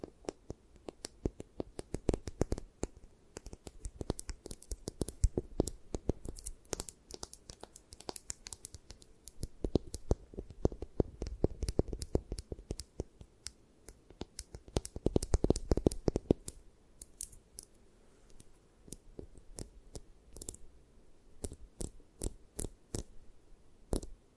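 Eye massage sounds of dense, irregular tapping and scratching clicks running throughout, with a busier, louder rustling burst around fifteen seconds.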